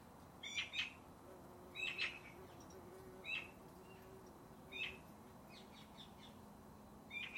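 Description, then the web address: Bird call: brief high chirping notes, single or paired, coming about once a second or slower over a low steady background hum. "cianscape birddata Deverinetal 2025"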